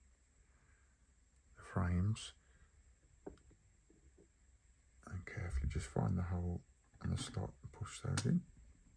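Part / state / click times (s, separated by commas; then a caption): plastic frame piece into the hole and slot of a model hold wall / not seated / none. Plastic frame pieces for the hold wall of a Fanhome Star Wars Millennium Falcon model kit are lined up with their hole and slot and pushed in while someone talks. Brief faint handling taps come between the speech, but nothing has seated or clicked yet.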